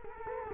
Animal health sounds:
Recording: mosquito wingbeat signal from an infrared sensor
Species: Culex quinquefasciatus

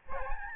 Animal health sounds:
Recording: mosquito wingbeat signal from an infrared sensor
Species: Aedes albopictus

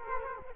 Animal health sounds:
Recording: mosquito wingbeat signal from an infrared sensor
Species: Culex quinquefasciatus

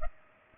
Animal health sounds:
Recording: mosquito wingbeat signal from an infrared sensor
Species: Culex pipiens

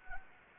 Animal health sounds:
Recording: mosquito wingbeat signal from an infrared sensor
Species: Anopheles gambiae

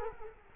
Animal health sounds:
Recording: mosquito wingbeat signal from an infrared sensor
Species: Culex quinquefasciatus

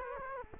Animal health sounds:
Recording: mosquito wingbeat signal from an infrared sensor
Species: Culex quinquefasciatus

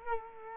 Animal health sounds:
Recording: mosquito wingbeat signal from an infrared sensor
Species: Culex quinquefasciatus

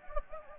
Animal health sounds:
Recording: mosquito wingbeat signal from an infrared sensor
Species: Anopheles gambiae

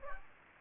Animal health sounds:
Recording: mosquito wingbeat signal from an infrared sensor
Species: Aedes aegypti

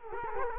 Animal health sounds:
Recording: mosquito wingbeat signal from an infrared sensor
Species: Culex quinquefasciatus

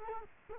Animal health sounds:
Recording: mosquito wingbeat signal from an infrared sensor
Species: Culex quinquefasciatus

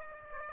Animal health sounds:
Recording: mosquito wingbeat signal from an infrared sensor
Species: Aedes aegypti

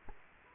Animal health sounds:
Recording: mosquito wingbeat signal from an infrared sensor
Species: Culex quinquefasciatus

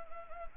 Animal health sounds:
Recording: mosquito wingbeat signal from an infrared sensor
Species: Anopheles gambiae

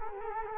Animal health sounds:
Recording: mosquito wingbeat signal from an infrared sensor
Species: Culex quinquefasciatus

